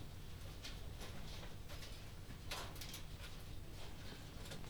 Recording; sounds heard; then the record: poultry house recording; no chicken sound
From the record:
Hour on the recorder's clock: 20